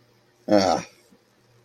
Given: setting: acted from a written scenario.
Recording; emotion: vocal sound without words; guilt